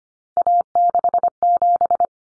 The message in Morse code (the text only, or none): A67